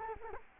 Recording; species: mosquito wingbeat signal from an infrared sensor; Culex quinquefasciatus